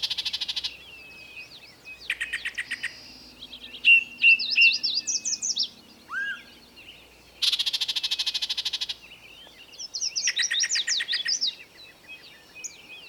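Bird song with harsh buzzy bursts, a few sharp whistled notes and lively twittering phrases.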